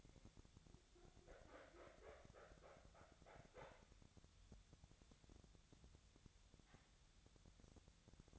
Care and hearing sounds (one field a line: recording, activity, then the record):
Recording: daily activity, microphone in the room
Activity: wipe stove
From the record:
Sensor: 3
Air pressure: 1007.0 hPa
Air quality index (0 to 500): 204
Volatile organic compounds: 18 ppm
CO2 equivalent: 2612 ppm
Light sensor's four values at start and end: 11/27/11/11 and 11/27/11/11